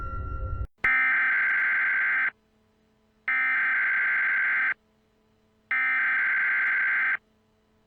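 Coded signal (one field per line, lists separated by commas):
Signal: Emergency Alert System (SAME) tones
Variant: header bursts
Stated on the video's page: EAS scenario made for fun, part of the SCP:CB soundtrack; SAME tones of uncertain validity.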